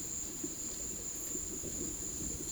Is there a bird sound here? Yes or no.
no